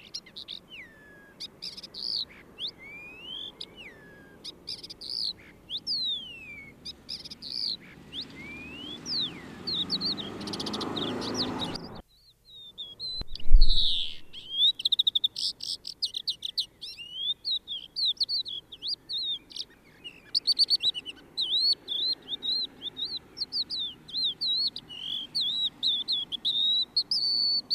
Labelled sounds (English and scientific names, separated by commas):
Crested Lark (Galerida cristata) song